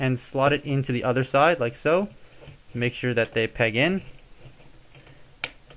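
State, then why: Seated. A plastic toy panel is slotted into the opposite side of a figure and pressed until its pegs engage. Someone talks, then after a pause one sharp, loud snap is heard at 5.4 s as the part seats.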